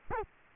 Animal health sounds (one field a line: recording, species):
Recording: mosquito wingbeat signal from an infrared sensor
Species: Culex quinquefasciatus